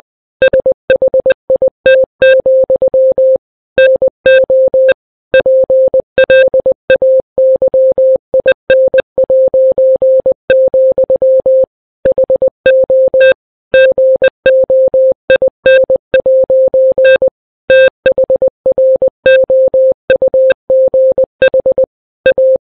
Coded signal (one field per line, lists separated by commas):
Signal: Morse code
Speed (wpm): 20 wpm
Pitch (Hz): 520 Hz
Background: none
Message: SHIT, NO PLAYIN', HO GOIN' THROUGH A